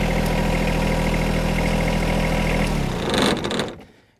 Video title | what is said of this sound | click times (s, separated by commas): John Deere 1025R Tractor with Mower Deck and Front Loader - Features, Attachments, and Operations | So you may have actually seen or been able to hear it, but that deck clicked which means our latches that we flipped up earlier flip back and locked into place. | 3.1 s, 3.5 s